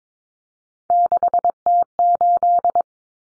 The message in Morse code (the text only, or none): 6T8